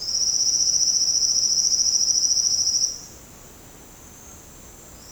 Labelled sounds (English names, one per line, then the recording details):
none
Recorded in secondary vegetation near Puerto Asís, Putumayo, Colombia, on 13 March 2025 at 09:30
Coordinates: 0.485, -76.322
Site G040